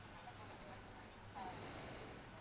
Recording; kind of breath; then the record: one breath in and out by a microphone near the nose and mouth; deep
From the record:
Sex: male